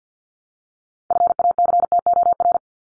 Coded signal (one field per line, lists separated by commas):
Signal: Morse code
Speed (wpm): 50 wpm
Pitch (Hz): 700 Hz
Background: none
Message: FACTOR